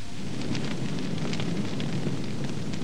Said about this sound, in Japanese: 火が燃える音がします。 ウサギくん、ボーボー音がするけど何の音？ ここはボーボー山だからボーボー鳥が鳴いているんだよ。